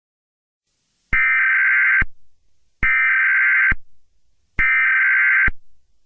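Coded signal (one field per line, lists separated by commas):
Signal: Emergency Alert System (SAME) tones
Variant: header bursts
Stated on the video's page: Fictional alert scenario.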